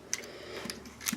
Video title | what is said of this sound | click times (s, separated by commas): Bandai DX Chogokin VF-19 Advance from Macross Frontier review Part 1- CollectionDX | most Valkyrie toys so you just kind of work that in there and they will snap in place | 0.1 s